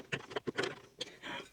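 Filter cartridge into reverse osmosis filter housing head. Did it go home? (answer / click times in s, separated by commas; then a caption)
no / none. A filter cartridge is pushed into its head on an Itehil reverse osmosis water filter unit and twisted to lock, giving short scraping and knocking sounds with sharper knocks at about 0.4 s and 1.0 s. The cartridge fails to lock because it was not pushed far enough down, and nothing has seated or clicked yet.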